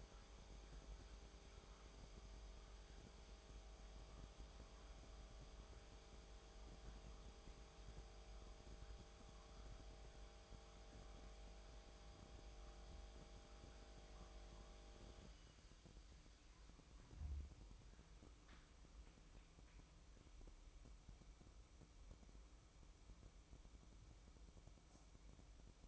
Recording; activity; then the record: daily activity, microphone in the room; make coffee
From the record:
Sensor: 1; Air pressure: 1007.4 hPa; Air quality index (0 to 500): 80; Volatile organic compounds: 1 ppm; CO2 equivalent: 693 ppm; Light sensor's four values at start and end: 8/20/8/9 and 8/19/8/9